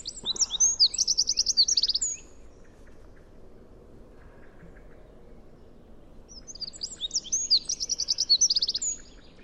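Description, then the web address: Bird song: a high, rapid trilled phrase of about two seconds, a few faint soft notes, then a second fast trill near the end. "cianscape birddata Deverinetal 2025 File origin Bird Only"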